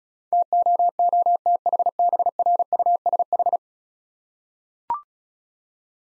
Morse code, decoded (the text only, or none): TOOTHBRUSH